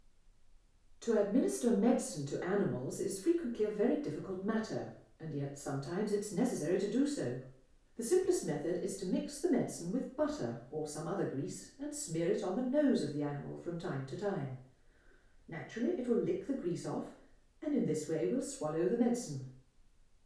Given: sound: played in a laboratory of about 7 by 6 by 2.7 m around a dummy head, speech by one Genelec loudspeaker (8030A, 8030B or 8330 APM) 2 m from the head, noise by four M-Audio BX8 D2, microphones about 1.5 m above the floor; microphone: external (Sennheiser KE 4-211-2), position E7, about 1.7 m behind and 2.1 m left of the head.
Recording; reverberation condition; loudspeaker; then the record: female speech in English; medium; 150 degrees to the right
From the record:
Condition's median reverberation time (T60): about 510 ms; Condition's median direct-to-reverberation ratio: about -0.5 dB